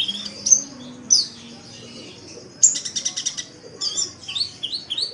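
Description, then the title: Oriental magpie-robin song: scattered high whistles, then a fast buzzy rattle followed by varied sliding, chattering phrases. Song from a long recording, over an hour. "Kicau Kacer"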